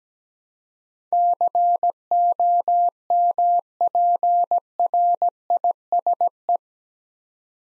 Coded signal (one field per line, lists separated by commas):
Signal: Morse code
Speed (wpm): 17 wpm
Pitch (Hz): 700 Hz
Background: none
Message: COMPRISE